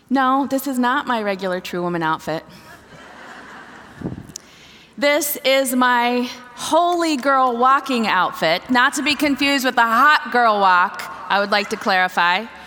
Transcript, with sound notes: No, this is not my regular True Woman outfit! (laughter) This is my “holy girl walking outfit,” not to be confused with the “hot girl walk,” I would like to clarify.